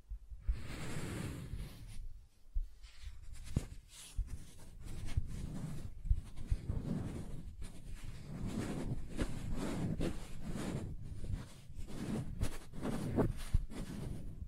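Soft tracing over smooth and rough surfaces, heard as a dense run of low rubbing strokes that swell and fade every second or so. Small crisp ticks and scratches dot the texture, with a brief hush near two seconds before the strokes resume steadily.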